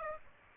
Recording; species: mosquito wingbeat signal from an infrared sensor; Aedes aegypti